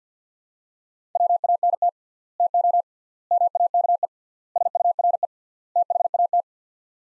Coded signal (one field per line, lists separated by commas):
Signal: Morse code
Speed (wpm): 50 wpm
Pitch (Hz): 700 Hz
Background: none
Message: WANT TO MAKE SURE THAT